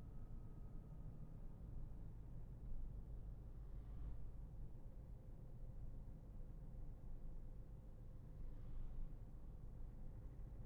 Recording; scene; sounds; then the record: everyday scene through a hearing-aid microphone; in a vehicle; engine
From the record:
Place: Berlingo II, diesel engine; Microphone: behind the ear, left, rear